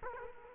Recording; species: mosquito wingbeat signal from an infrared sensor; Culex quinquefasciatus